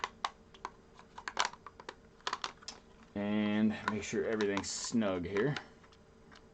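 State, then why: Not seated. A 3D-printed mod piece is handled and pressed at the front control panel area of an Ender 3 V2 3D printer, producing short, sharp plastic-like ticks and taps at about 0.0, 0.3, 1.4, 1.5, 2.3 and 2.4 seconds. Someone then talks from about 3.2 to 5.6 seconds. The part has not yet popped into place; nothing has seated by the end of the clip.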